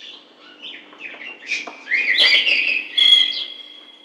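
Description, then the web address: Bird calls, a series of chirps and whistled notes growing louder, ending in a louder twittering phrase with a sustained high whistle. "птицы"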